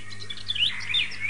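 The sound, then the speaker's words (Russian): Birds chirp in quick, high-pitched bursts, several overlapping tweets rising and falling over a steady low hum, with no voices. “Снова прилетели птицы.”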